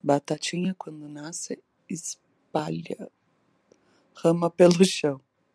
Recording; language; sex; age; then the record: short text; Brazilian Portuguese; female; 30 to 39 years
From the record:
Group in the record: control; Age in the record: 35 years